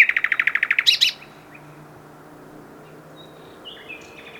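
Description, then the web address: Common nightingale song: a rapid trill of repeated notes ending in a brief high flourish, followed by quiet faint notes. "pub SETE data Luscinia megarhynchos"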